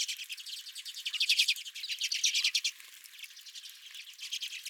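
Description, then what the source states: Redpolls giving fast chattering trills, a burst of quick dry notes that swells midway then thins out. Several redpolls at the recordist's own feeder.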